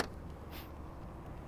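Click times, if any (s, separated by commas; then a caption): none. After the stuck charge port door on a new Tesla P100D is opened, the mobile charging connector is handled at the car's charge port with its button pushed, ready to plug in. There is a steady low background rumble and a brief soft hiss of handling around 0.5–0.7 s. Nothing has seated or clicked yet.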